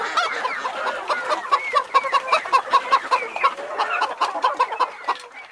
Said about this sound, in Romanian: Cucurigu! Cucurigu! Cucurigu! Cucurigu! Cucurigu! Cucurigu!